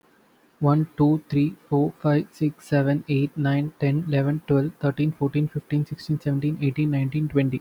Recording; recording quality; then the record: counting at a fast pace; excellent, no background noise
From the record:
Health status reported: healthy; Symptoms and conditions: none ticked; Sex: male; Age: 25 years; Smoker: not ticked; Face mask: not worn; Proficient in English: yes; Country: India